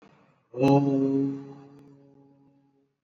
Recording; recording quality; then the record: sustained vowel as in boot; excellent, no background noise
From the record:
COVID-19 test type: RT-PCR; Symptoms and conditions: cough, cold, fever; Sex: male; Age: 53 years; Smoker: no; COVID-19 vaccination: both doses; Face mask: worn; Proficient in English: yes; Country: India